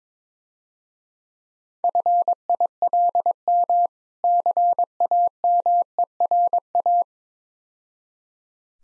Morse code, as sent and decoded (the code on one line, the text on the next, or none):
..-. .. .-.. -- / -.-. .- -- . .-. .-
FILM CAMERA